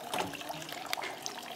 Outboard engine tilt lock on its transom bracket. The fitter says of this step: and pull the engine up until you hear 2 clicks.